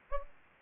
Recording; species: mosquito wingbeat signal from an infrared sensor; Aedes aegypti